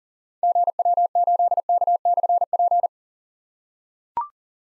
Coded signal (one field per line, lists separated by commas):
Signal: Morse code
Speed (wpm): 41 wpm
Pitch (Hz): 700 Hz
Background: none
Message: GW8K/P